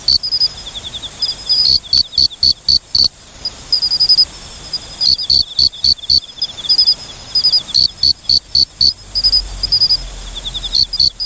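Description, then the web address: Mori-okame cricket calling with clusters of crisp pulsing clicks every few seconds, softer high notes filling the gaps. "sikioto insect moriokamekourogi"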